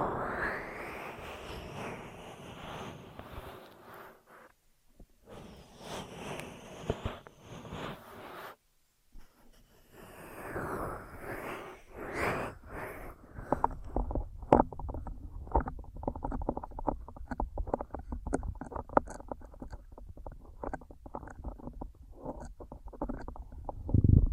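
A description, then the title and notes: Muffled rubbing and scrubbing against the ears, swelling in soft washes with brief silent gaps, then turning to dense crackly scratching after fourteen seconds. ASMR 3Dio FS Pro II Mic Test Ear Massage, Cleaning etc (No Talking).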